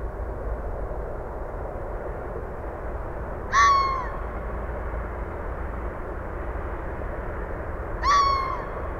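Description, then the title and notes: Red fox uttering two hoarse, descending calls roughly four and a half seconds apart, with a steady background roar of cars and aircraft. Calling in west Dyke Marsh around 6:35 PM on 20 December 2015; cars on a nearby parkway and airplanes audible; Fostex FR-2, Sennheiser ME62 and Telinga parabola; fade in/out only. "Red Fox calling in west Dyke Marsh about 6:35PM 12/20/2015"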